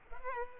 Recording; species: mosquito wingbeat signal from an infrared sensor; Culex pipiens